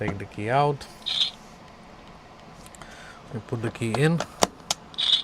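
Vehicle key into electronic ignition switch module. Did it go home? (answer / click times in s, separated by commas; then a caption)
yes / 4.4 s, 4.7 s. A key is pushed into a repaired Mercedes Sprinter W906 EZS/EIS electronic ignition switch module on the bench while someone talks. It latches in with sharp clicks at 4.4 s and 4.7 s, and the key can now be turned.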